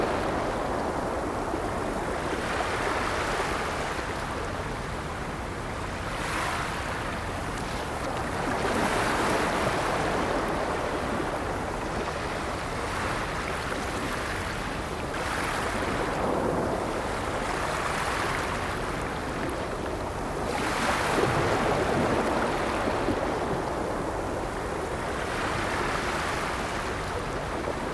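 Ocean surf rolls onto the shore in a steady, dense wash, with brighter swells cresting around 6, 15 and 21 seconds.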